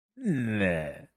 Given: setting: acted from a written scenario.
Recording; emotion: vocal sound without words; disgust